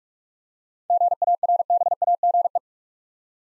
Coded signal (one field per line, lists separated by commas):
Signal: Morse code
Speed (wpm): 46 wpm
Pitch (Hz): 700 Hz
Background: none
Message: GARBAGE